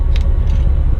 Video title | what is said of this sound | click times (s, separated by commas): PNEUMATIC TANKER EXPLANATION Sand Hauling | All right, I make sure that these are locked into place | 0.2 s